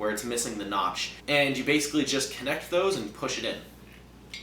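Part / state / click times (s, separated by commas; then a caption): oil pump drive shaft extension into its coupling piece / not seated / none. Someone talks while handling the two halves of the oil pump intermediate drive shaft on a Chevy 350, lining up the notched end of the extension with the slot in its coupling piece like puzzle pieces before pushing them together. A brief faint sound occurs at 4.3 s, but the coupling has not clicked in or seated yet.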